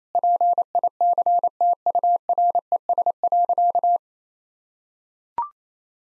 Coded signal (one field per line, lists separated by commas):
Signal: Morse code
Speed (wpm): 28 wpm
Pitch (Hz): 700 Hz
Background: none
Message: PICTURES.